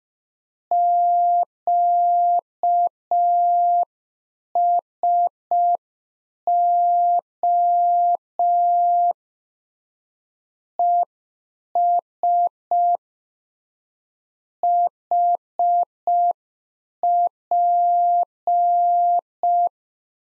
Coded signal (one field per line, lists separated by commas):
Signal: Morse code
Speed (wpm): 5 wpm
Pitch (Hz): 700 Hz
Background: none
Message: QSO ES HP